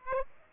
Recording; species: mosquito wingbeat signal from an infrared sensor; Aedes aegypti